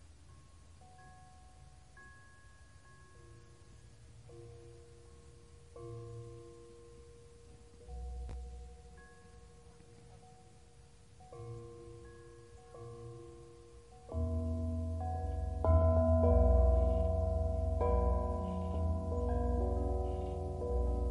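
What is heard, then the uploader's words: Ringing bells play slow, sustained notes one after another, each tone hanging for a second or two, over a constant soft hiss of white noise. Around fourteen seconds the bells grow louder and denser, several tones overlapping above a heavier low rumble. Calming bells white noise.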